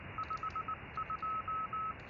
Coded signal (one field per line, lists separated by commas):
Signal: Morse code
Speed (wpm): 19 wpm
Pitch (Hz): 1290 Hz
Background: none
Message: 52